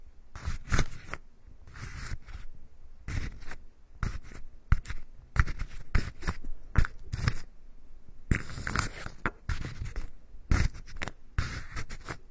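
Ear picking and massage with a tree tool: bursts of bright scratching and scraping come in quick irregular strokes, with short quiet gaps between.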